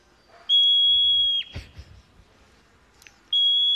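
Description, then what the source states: Hoary marmot whistle: a long, steady, piercing high note held nearly a second, a few soft clicks, then a second identical shrill whistle beginning. Wild hoary marmot; the whistle is likened to a fire or smoke alarm.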